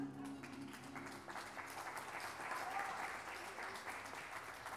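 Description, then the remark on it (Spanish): An audience applauds the dancers at the I Encuentro Pluricultural Pueblo de las Lenguas Vivas in Salta, a dense wash of many hands clapping at an even loudness throughout, with faint tonal sounds drifting underneath. “Un aplauso para los bailadores”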